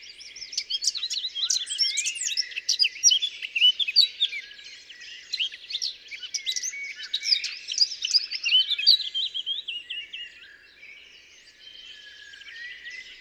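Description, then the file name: Eurasian blackcap song: a long, fast warble of scratchy and clear high notes that tumbles on for about ten seconds, then softens to quieter notes. "Sylvia atricapilla"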